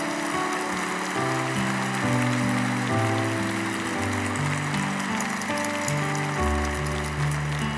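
A crowd applauds steadily for several seconds, a dense, even crackle of clapping, while sustained keyboard chords shift slowly underneath, at a church service right after a baptism.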